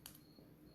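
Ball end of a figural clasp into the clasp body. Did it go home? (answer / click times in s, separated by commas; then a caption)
yes / 0.1 s. The ball end of a dolphin-shaped metal clasp is slid up into the clasp body and seats with a single sharp click at 0.1 s. After the click there is only a faint, steady background hum, and the clasp is confirmed seated.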